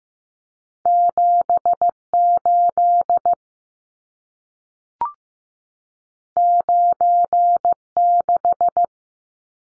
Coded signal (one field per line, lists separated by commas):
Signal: Morse code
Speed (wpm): 15 wpm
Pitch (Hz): 700 Hz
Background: none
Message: 78 96